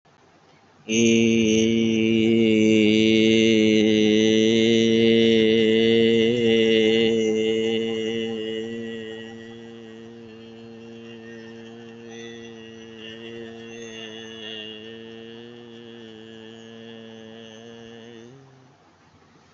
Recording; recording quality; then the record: sustained vowel as in made; excellent, no background noise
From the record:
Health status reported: healthy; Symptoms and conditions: cold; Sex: male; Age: 22 years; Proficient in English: yes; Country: India